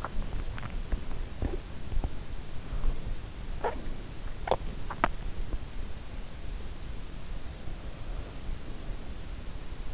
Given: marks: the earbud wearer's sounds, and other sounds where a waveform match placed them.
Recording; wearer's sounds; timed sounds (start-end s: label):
sounds in sleep by an in-ear microphone; swallowing, teeth grinding
0.00-2.19 s: swallowing
3.44-5.27 s: teeth grinding